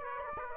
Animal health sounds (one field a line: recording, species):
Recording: mosquito wingbeat signal from an infrared sensor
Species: Aedes aegypti